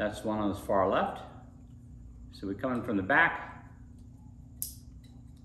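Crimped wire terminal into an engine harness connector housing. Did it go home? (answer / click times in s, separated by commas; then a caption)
yes / 4.6 s. A crimped metal wire terminal for an engine harness is pushed from the back into hole number one of a plastic connector housing while someone talks. A short, sharp click at 4.6 s marks the terminal seating in place.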